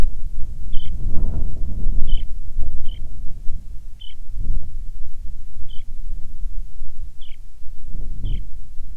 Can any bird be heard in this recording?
yes